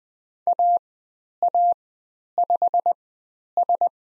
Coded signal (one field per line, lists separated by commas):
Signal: Morse code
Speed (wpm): 20 wpm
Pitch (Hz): 700 Hz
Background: none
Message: AA5S